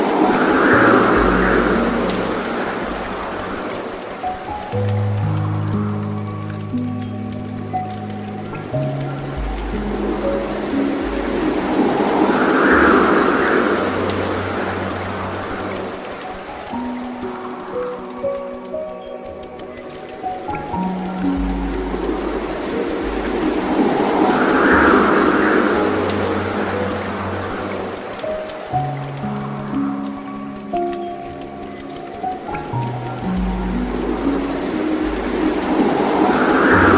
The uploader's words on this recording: A dreamy mix of relaxing piano music and the gentle sounds of a soft water stream. The calming sounds of a waterfall.